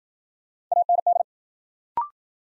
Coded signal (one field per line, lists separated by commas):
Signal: Morse code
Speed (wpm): 53 wpm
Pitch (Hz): 700 Hz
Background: none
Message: AND